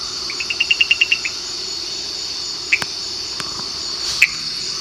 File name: kurixalus chaseni